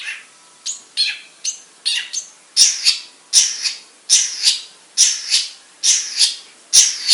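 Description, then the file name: Long-tailed shrike song of paired harsh, grating notes repeated about once a second, growing louder as the sequence goes on. Banyuwangi and Madura cendet types. "Suara Cendet Banyuwangi dan Madura"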